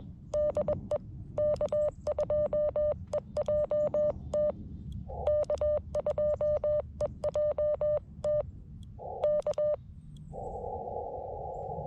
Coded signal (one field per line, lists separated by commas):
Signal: Morse code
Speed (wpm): 21 wpm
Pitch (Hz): 590 Hz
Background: none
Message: DE K2EJT K2EJT K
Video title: CW POTA at K-5221 with the FX-4CR and WRC 213" Antenna